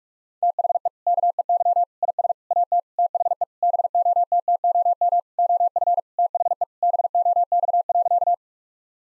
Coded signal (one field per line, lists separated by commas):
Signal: Morse code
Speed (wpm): 46 wpm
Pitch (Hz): 700 Hz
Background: none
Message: THE KEY IS AT THE BOTTOM OF THE BOX.